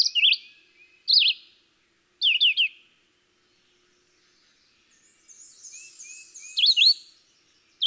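Red-eyed Vireo singing several quick slurred phrases, then a silent stretch, then more phrases as a high, thin warbling from another bird rises in the background.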